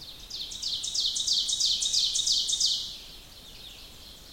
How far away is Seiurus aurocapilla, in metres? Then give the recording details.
about 30 m. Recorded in boreal forest in Alberta, Canada, on 2 June 2016 at 06:19. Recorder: SongMeter 3, array SBT-3-7. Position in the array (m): -2 m, 87 m. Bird 7